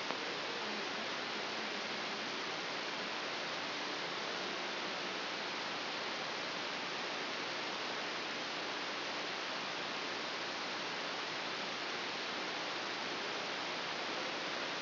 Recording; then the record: brain microelectrode recording played as sound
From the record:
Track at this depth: inside the subthalamic nucleus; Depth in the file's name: 1.835 mm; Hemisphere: left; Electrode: 3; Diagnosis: Parkinson's disease